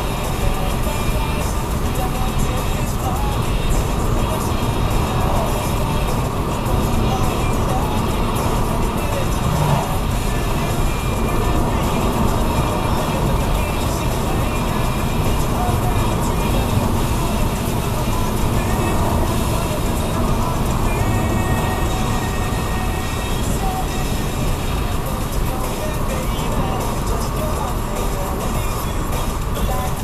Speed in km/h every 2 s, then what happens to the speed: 87, 89, 89, 89, 89, 89, 87, 87, 87, 85, 85, 85, 84, 82, 81.
0-30 steady at about 87.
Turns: none.